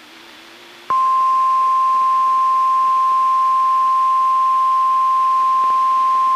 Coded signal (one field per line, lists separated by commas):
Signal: Emergency Alert System (SAME) tones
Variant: 1050 Hz attention tone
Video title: NOAA Weather Radio - Weekly EAS Test - 1/17/18